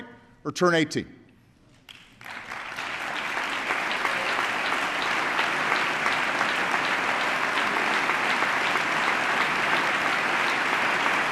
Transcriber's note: applause